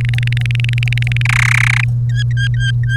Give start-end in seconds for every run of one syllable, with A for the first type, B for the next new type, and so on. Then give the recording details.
0.01-1.22 A, 1.25-1.84 B, 2.09-2.96 C. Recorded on 30 April 2018 at 16:19. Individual llb3